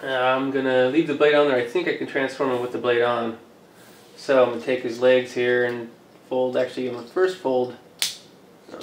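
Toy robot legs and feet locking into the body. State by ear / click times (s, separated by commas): seated / 8.0 s, 8.7 s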